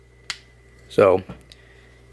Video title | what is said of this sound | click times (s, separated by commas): Transformers Studio Series Megatron Transformers One Review | his legs normally would be straight I guess that's why they have it like that then that's a hard click too | 0.3 s